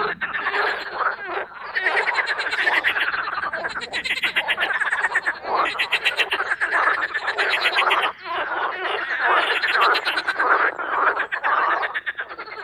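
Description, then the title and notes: Marsh frogs calling in a loud, unbroken chorus of rattling, pulsed croaks and laughing trills layered over one another throughout. Marsh frogs (Pelophylax ridibundus) in a spring mating chorus in an artificial boating pond, Parc Chédeville, Oise, after a cold night. "au Parc Chédeville dans l'Oise. des grenouilles rieuses"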